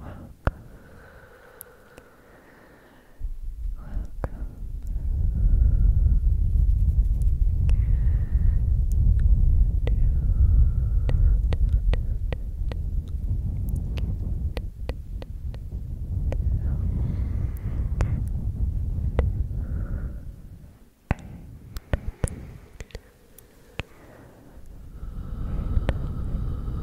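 Close, bassy breathing and ear blowing come in long deep rumbling gusts, from about 3 to 20 seconds and again near the end. Soft whispering and sharp mouth clicks sit on top throughout, with quieter gaps between the blows.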